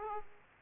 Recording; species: mosquito wingbeat signal from an infrared sensor; Aedes aegypti